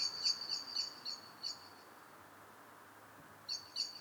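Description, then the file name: Eurasian blackbird calling with several spaced sharp notes, then silence, then a few more notes, over a soft hissing background. "Turdus merula"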